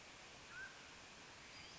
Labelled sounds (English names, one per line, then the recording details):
Mountain Quail
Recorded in Sonoma County, California